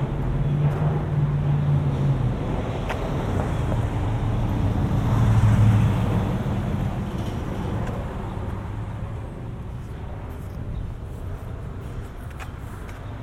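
A walk home through suburban streets, with a steady low rumble of traffic throughout. An engine's drone rises near the start and again around five to six seconds as vehicles pass, then the noise eases. Occasional faint clicks and taps appear.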